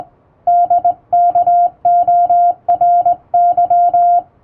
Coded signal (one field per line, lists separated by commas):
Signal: Morse code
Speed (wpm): 19 wpm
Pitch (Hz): 700 Hz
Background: music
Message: DKORY